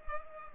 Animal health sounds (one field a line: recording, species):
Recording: mosquito wingbeat signal from an infrared sensor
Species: Culex pipiens